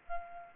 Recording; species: mosquito wingbeat signal from an infrared sensor; Aedes albopictus